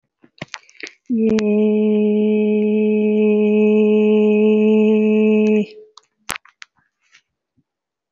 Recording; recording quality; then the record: sustained vowel as in made; excellent, no background noise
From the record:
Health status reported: healthy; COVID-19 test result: negative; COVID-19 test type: RT-PCR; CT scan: not taken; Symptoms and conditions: none ticked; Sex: female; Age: 24 years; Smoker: no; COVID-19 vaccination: one dose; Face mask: worn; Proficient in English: yes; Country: India